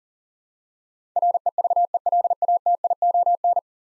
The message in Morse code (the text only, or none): REVELATION